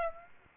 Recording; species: mosquito wingbeat signal from an infrared sensor; Aedes aegypti